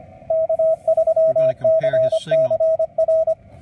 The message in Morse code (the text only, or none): K3CCR